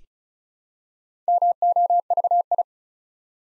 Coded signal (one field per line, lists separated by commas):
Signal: Morse code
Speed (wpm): 36 wpm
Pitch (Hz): 700 Hz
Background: none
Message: MOVI